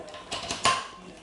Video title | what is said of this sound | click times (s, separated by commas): How to Attach Swing Away Knee Pads on a Permobil Powerchair | There they go. And you can see that they are locked in place. | 0.6 s